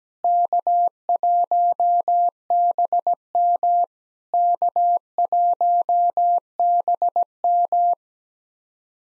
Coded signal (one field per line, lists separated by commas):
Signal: Morse code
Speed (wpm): 17 wpm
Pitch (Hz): 700 Hz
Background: none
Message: K1BM K1BM